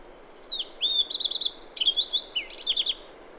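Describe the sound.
Songbird phrase of a falling whistle, a fast group of four notes, and a tumbling twittering finish of curved notes, against background hiss.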